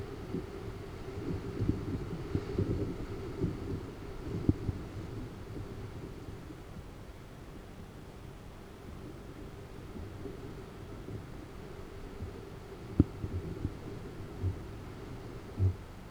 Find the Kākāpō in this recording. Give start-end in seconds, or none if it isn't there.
14.13-15.99